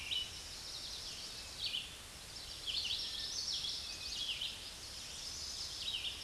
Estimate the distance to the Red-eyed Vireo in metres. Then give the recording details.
about 25 m. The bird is about 20 m above the microphone. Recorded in a Pennsylvania forest on 16 May 2024 at 08:28. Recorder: AudioMoth, point MSD-2164. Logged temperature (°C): 15.8 °C. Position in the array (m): 180 m, 75 m